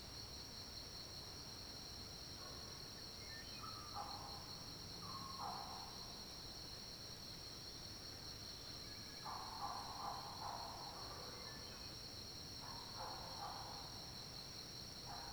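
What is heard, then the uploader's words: A steady, high insect drone, like crickets, runs unbroken through the whole recording. Short bursts of mid-pitched chirping, possibly birds, break in near 4 and 5 seconds, again around 9 to 10, and near 13. A faint low rumble stays underneath throughout. Recording from the top of a fallen tree.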